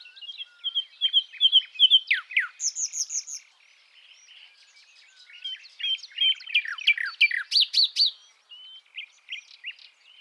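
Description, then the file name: Common nightingale singing varied phrases: quick repeated chirps, steep downslurred whistles, a short high pulsed series, then a dense jumble of sweeping notes after a brief pause. "Luscinia megarhynchos"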